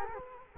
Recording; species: mosquito wingbeat signal from an infrared sensor; Culex quinquefasciatus